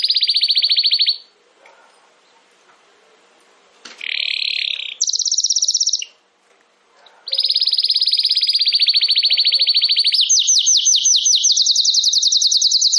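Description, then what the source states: Domestic canary song in bursts: a high trill, silence, a lower rolling phrase and a bright trill, then a long run of fast trills rising in pitch. Belgian canary breed, singing.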